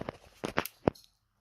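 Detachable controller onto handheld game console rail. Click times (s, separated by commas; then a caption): 0.9 s. A detachable controller is slid onto the side rail of a Nintendo Switch handheld console, with light plastic scraping and rattling as it moves along the rail. It locks in place with a sharp, hard plastic snap at 0.9 s, and the controller is seated.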